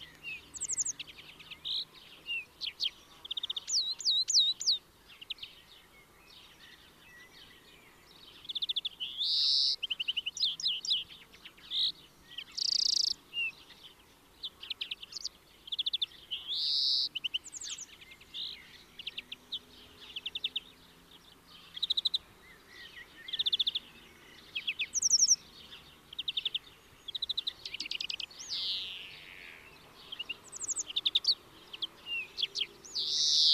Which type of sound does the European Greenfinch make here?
song